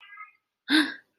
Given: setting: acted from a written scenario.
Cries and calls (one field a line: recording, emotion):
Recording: vocal sound without words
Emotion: negative surprise